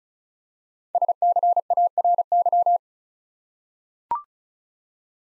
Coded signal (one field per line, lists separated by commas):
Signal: Morse code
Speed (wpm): 36 wpm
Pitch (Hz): 700 Hz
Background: none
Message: SCARY